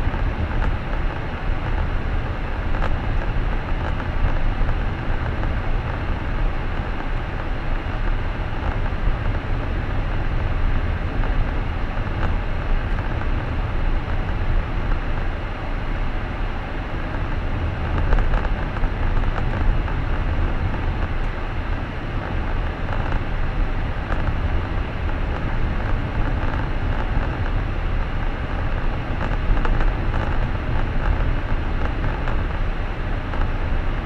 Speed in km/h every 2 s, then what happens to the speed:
39, 39, 39, 40, 41, 42, 43, 43, 43, 42, 42, 42, 42, 42, 42, 41, 41.
0-34 steady at about 42.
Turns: none.